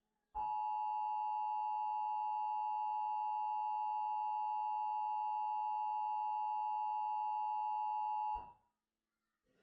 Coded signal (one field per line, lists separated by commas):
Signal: Emergency Alert System (SAME) tones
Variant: 853 and 960 Hz attention tone